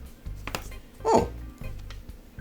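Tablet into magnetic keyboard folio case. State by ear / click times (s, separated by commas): seated / 0.5 s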